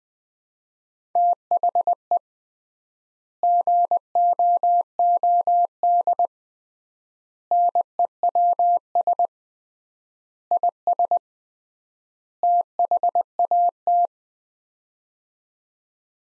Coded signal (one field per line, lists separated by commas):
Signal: Morse code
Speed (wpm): 21 wpm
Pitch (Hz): 700 Hz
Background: none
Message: THE GOOD NEWS IS THAT